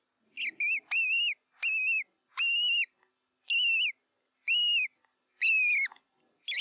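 Mouse giving clear, high, piping squeaks of even pitch, roughly one every second with short gaps of silence between them.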